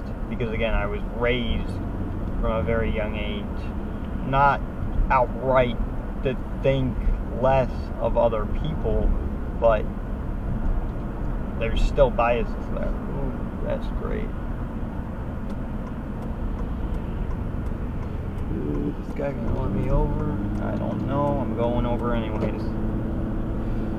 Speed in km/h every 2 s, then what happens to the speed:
63, 64, 63, 63, 63, 64, 64, 61, 55, 52, 60, 69.
0-12 steady at about 63. 12-17 slows to 52. 19-24 speeds up to 69.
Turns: none.